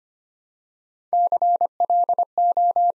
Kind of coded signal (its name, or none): Morse code